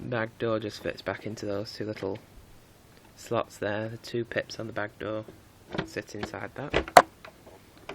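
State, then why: Seated. Someone talks while the plastic bag compartment door of a 1998 Hoover Turbopower 2 U2090 upright vacuum cleaner is fitted back onto the body, its two pips sitting in the two little slots, and then pushed shut. A sharp click at 7.9 s marks the door snapping into place, seated and closed.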